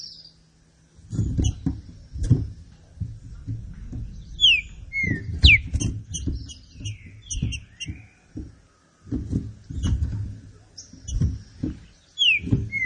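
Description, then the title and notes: Green-winged saltator song: loud, slurred whistled phrases, some falling and some rising, given in short bursts with high ticking notes and repeated low thumping noise underneath. Classic-style song of the green-winged saltator, used for training birds. "Canto Clássico Trinca Ferro TREINAMENTO. trinca fero"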